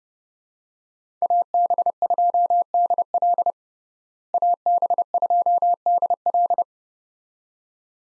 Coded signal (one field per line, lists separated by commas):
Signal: Morse code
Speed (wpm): 30 wpm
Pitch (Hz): 700 Hz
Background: none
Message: AB2DL AB2DL